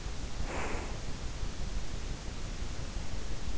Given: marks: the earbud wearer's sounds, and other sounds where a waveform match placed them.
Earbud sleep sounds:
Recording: sounds in sleep by an in-ear microphone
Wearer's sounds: breath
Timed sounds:
0.22-1.26 s: breath

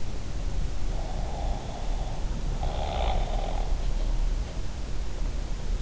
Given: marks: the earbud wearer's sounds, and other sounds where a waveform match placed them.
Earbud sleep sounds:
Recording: sounds in sleep by an in-ear microphone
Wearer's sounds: snoring breath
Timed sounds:
0.98-3.75 s: snoring breath

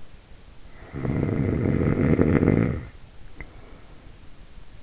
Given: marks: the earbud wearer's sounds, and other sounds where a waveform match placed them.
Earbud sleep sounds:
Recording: sounds in sleep by an in-ear microphone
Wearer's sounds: snoring breath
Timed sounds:
0.77-4.31 s: snoring breath

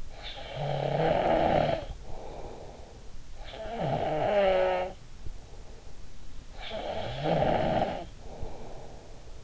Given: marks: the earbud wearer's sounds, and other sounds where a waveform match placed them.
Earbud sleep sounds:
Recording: sounds in sleep by an in-ear microphone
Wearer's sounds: snoring breath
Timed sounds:
0.09-2.98 s: snoring breath
3.43-6.00 s: snoring breath
6.46-9.44 s: snoring breath

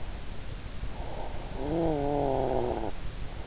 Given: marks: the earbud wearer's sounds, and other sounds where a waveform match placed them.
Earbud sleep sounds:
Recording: sounds in sleep by an in-ear microphone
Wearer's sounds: snoring breath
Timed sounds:
0.85-3.36 s: snoring breath

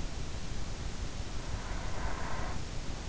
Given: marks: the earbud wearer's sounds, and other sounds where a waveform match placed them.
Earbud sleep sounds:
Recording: sounds in sleep by an in-ear microphone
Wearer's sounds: breath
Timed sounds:
0.93-2.99 s: breath

